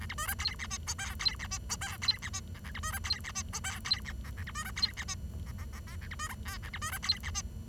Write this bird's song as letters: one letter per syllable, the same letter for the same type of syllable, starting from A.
A B C D E F G H I E F G H I E F G J A B C D E F G H I E F J A B C D E F G J J J J A B C D K A B C D E F G